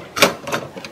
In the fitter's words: Carriage let me show you push it all the way until it snaps in